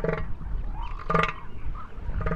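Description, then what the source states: Northern elephant seal battle call: deep, guttural, pulsed bursts repeating about once a second, rough and resonant, with a steady background rumble. Males trumpeting battle calls with noses inflating with air, during the winter breeding season at a coastal reserve in San Mateo County, California.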